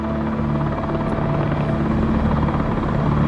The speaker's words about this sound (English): The helicopter comes up over the wall, and it's hovering over the yard. I seen this. I thought it was a monster. It was a helicopter, a green helicopter, and it was flying low.